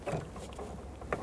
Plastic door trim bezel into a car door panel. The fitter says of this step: going to insert this clip here first into the door panel and then snap this